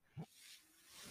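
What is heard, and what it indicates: A brief low thud is followed by a soft, airy hiss of moving air that builds again toward the end, with no speech. This is the sound of a home mechanical ventilator cycling air for an adult man who depends on it, heard in the pause between his spoken phrases.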